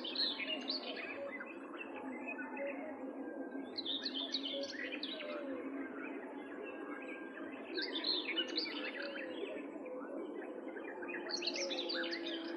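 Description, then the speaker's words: Common Whitethroat song: quick, chattering twittered phrases in several bursts. Hurried, twittering song sung in flight; the bird rises into the air with fluttering wings, then hides in bushes again when the trill ends. "Это поет серая Славка. Слышите, какая у нее торопливая щебечущая песенка."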